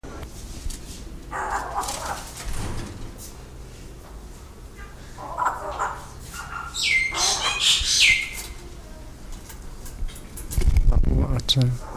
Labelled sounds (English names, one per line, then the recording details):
Yellow-faced Myna call
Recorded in captivity
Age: adult
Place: Zoo Berlin, Berlin, DE
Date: 1997-08-28 10:22
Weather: sunny, 22-28°C
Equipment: Sony MD-WM MZ-R3, Sennheiser ME 80, K 30 AV, Kopie Uher 4000 Report Monitor
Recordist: Tembrock, Günter